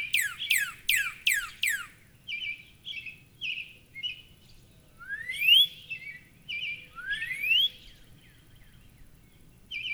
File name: Northern Cardinal